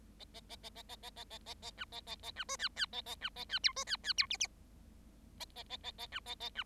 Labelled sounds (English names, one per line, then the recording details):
Bengalese Finch song
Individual Bird7